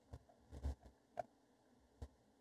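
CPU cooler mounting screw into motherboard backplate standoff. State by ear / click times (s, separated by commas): not seated / none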